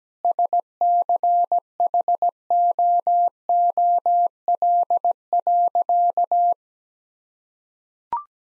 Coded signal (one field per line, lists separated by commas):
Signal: Morse code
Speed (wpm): 17 wpm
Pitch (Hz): 700 Hz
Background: none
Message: SCHOOL.